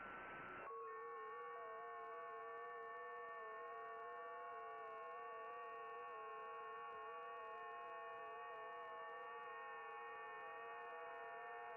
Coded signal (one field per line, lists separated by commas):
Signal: FT8